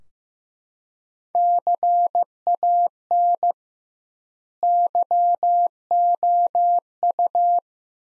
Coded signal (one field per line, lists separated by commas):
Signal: Morse code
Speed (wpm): 15 wpm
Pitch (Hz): 700 Hz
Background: none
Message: CAN YOU